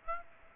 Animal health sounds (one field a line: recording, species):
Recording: mosquito wingbeat signal from an infrared sensor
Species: Aedes aegypti